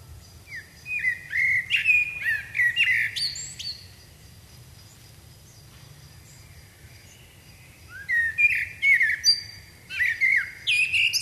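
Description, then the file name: Common blackbird singing mellow whistled phrases that climb into thin, scratchy twittering, two phrases separated by a quiet gap of about four seconds. "Turdus merula"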